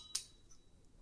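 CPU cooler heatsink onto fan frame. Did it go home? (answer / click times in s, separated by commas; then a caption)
yes / 0.2 s. A CPU cooler heatsink is pushed back onto its fan frame and snaps into place with one short, sharp click at 0.1 s. A faint tick follows at 0.5 s against a quiet background. The heatsink is seated on the fan.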